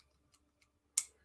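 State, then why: Seated. An adjustable part of a small adjustable-length hand tool from an Anet A8 Plus printer kit is pushed down into the tool's body. After two faint ticks near 0.3 and 0.6 seconds, a sharp, bright click rings out at 1.0 seconds and fades quickly. The part locks into place.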